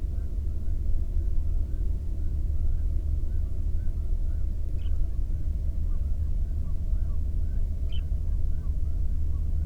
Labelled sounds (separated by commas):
waterfowl, man-made sound